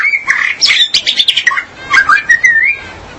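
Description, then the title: Magpie-robin or shama song: varied whistled phrases, some rising and falling, mixed with quick harsh chattering notes in a rapid burst. "BM Suara Burung Murai"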